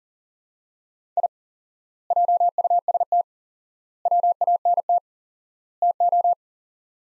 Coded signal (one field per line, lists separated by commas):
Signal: Morse code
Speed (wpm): 40 wpm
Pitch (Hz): 700 Hz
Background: none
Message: I JUST WANT TO